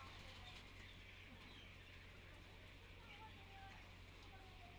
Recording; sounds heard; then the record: poultry house recording; healthy chickens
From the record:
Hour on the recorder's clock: 10